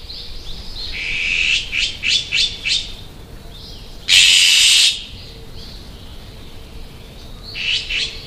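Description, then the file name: Azure-winged magpie giving a run of harsh, grating squawks, then one long rasping burst, with a few more squawks near the end. Sayama. "onaga sayama"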